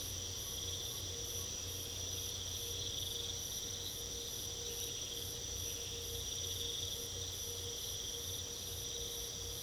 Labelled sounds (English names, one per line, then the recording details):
none
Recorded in pastures near Puerto Asís, Putumayo, Colombia, on 22 December 2024 at 01:00
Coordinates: 0.486, -76.323
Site GP01